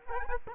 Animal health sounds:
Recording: mosquito wingbeat signal from an infrared sensor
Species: Culex quinquefasciatus

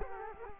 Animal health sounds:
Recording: mosquito wingbeat signal from an infrared sensor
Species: Culex quinquefasciatus

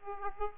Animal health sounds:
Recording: mosquito wingbeat signal from an infrared sensor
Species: Aedes aegypti

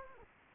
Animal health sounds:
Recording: mosquito wingbeat signal from an infrared sensor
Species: Anopheles gambiae

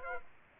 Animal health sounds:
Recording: mosquito wingbeat signal from an infrared sensor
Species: Aedes aegypti

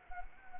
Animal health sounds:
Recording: mosquito wingbeat signal from an infrared sensor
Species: Anopheles arabiensis

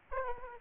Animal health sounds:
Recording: mosquito wingbeat signal from an infrared sensor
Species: Aedes aegypti

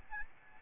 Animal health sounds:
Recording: mosquito wingbeat signal from an infrared sensor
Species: Aedes albopictus

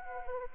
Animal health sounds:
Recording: mosquito wingbeat signal from an infrared sensor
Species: Anopheles arabiensis

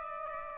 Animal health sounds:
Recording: mosquito wingbeat signal from an infrared sensor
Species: Aedes aegypti

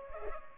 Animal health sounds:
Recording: mosquito wingbeat signal from an infrared sensor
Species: Culex pipiens

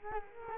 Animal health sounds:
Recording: mosquito wingbeat signal from an infrared sensor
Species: Culex quinquefasciatus

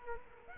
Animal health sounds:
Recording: mosquito wingbeat signal from an infrared sensor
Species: Culex quinquefasciatus

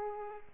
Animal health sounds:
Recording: mosquito wingbeat signal from an infrared sensor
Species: Culex pipiens

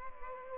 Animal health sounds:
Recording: mosquito wingbeat signal from an infrared sensor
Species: Culex pipiens

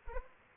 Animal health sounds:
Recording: mosquito wingbeat signal from an infrared sensor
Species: Anopheles arabiensis

